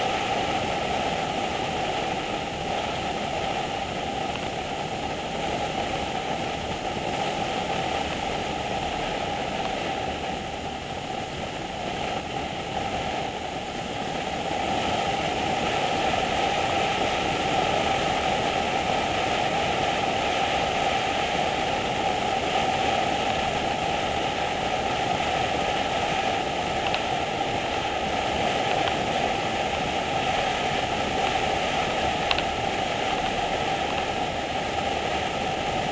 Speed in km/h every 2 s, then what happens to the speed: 72, 72, 74, 77, 81, 81, 74, 77, 76, 74, 74, 72, 79, 74, 76, 76, 77, 77.
0-9 speeds up to 81. 9-11 brakes to 74. 11-36 steady at about 76.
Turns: none.